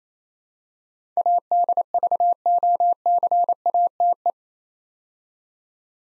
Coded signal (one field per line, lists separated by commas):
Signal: Morse code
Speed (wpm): 28 wpm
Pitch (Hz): 700 Hz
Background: none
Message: ADVOCATE